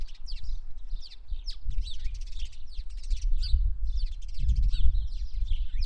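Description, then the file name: House sparrow calls: a dense run of sharp chirps and cheeps over a steady low rumble. "Passer domesticus"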